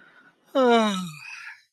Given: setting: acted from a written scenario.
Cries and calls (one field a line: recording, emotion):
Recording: vocal sound without words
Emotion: ecstasy